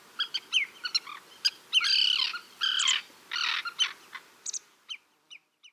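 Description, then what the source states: Common tern calls: sharp, clipped chips mixed with longer rasping, drawn-out cries, irregularly spaced, fading to scattered short notes toward the end. A pair of common terns calling in Russia.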